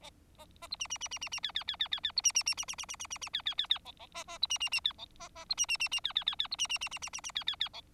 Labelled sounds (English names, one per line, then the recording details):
Bengalese Finch song
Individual Bird4